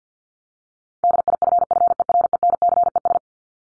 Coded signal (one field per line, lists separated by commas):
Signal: Morse code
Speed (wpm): 50 wpm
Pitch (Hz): 700 Hz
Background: none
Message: DIFFERENCES